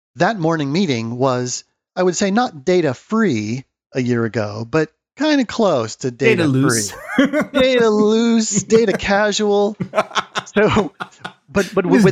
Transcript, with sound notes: That morning meeting was, I would say not data-free a year ago, but kind of close to data-free.
Data loose. [laugh]
Data loose. Data casual. So-but-with this new-.